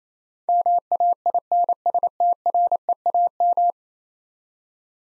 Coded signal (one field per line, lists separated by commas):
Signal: Morse code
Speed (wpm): 28 wpm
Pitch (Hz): 700 Hz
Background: none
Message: MAINSTREAM